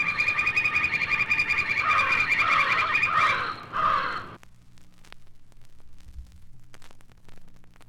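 Crows calling loudly in a rapid harsh series of caws for about four seconds, then quiet with faint background noise.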